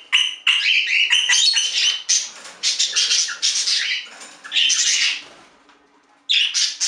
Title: Budgie Sounds